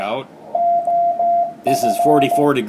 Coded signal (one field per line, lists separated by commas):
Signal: Morse code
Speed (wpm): 14 wpm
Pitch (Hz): 690 Hz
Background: speech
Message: OF